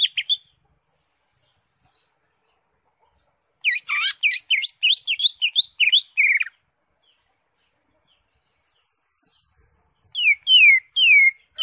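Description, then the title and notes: Greater Green Leafbird song: a few brief opening notes, a long run of rapid slurred, falling whistled notes, silence, then a few more sweeping whistles. Recording described as good for tutoring other green leafbirds to learn the song. "Suara Burung Cucak Ijo. mantap buat masteran burung cak ijo"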